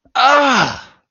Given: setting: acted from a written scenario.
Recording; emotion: vocal sound without words; pain